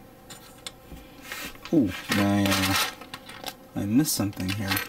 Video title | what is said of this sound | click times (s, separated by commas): *GundamModels* 1/400 Alpha Azieru - Part 2 | I go like this till it snaps in. | 0.7 s